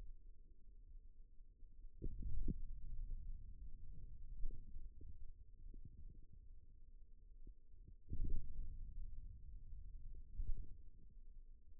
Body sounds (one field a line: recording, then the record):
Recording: forearm muscle sounds (acoustic myography)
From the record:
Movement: ulnar deviation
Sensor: system 2, bracelet of six BSWA MPA416 microphones around the upper forearm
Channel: 1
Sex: male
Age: 22 years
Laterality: right